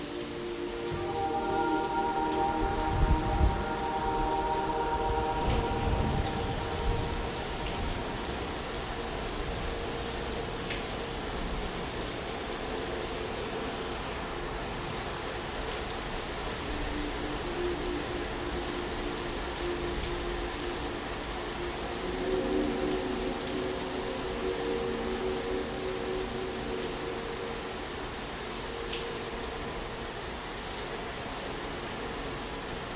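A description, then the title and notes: Rain falls steadily in the woods, a dense, even hiss that holds at the same level throughout. In the first few seconds a low rumble and a faint tonal hum sit under the rain, and a similar hum returns briefly around the twenty-second mark. Rain in the Woods.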